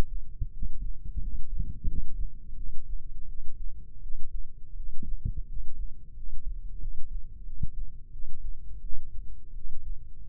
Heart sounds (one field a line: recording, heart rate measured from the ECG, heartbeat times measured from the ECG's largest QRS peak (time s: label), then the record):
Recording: heart sounds by microphone in the left ear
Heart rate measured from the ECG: 86 bpm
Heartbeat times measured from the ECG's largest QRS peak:
0.52 s: heartbeat
1.20 s: heartbeat
1.86 s: heartbeat
2.55 s: heartbeat
3.27 s: heartbeat
4.01 s: heartbeat
4.75 s: heartbeat
5.47 s: heartbeat
6.15 s: heartbeat
6.79 s: heartbeat
7.44 s: heartbeat
8.11 s: heartbeat
8.81 s: heartbeat
9.53 s: heartbeat
10.26 s: heartbeat
From the record:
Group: healthy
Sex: female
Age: 19 years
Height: 163 cm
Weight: 51 kg